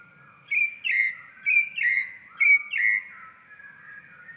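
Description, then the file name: Bird song of paired whistles, a bright short note then a longer falling one, given three times in quick succession before fading into softer, lower whistling. "chant"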